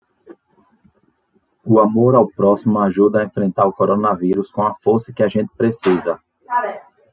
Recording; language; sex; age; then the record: spoken sentence; Brazilian Portuguese; male; 30 to 39 years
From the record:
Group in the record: control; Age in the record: 35 years